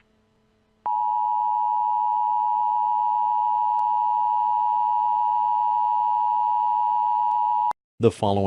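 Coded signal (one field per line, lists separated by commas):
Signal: Emergency Alert System (SAME) tones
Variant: 853 and 960 Hz attention tone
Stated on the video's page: Fictional EAS scenario, not a real broadcast.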